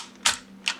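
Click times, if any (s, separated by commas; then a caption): 0.3 s. With the gold spring button on a transforming toy held down, its plastic hip joint is pushed forward until it re-engages its spring lock with a sharp plastic click at 0.3 s. A second, shorter click follows at 0.7 s, and the hip is locked again.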